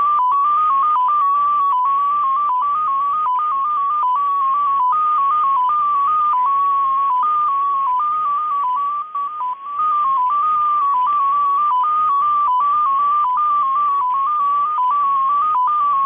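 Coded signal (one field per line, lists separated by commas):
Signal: multi-tone FSK (Olivia or MFSK type)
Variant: XPA2, 14-tone MFSK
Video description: XPA2 is a digital mode of the Russian 7 operator. It utilizes a custom 14-tone MFSK system.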